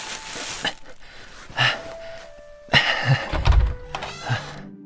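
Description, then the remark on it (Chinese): A door handle rattles and clicks as it is turned with difficulty, then an office door swings open with a few bumps and a heavy thunk, a short burst of clattering mechanical sounds with no voices; the opener presses a cardboard box against the door frame with one hand and holds fried chicken in the other. “冬至一手将纸箱子抵在门框上，一手提着炸鸡，艰难地拧开门。”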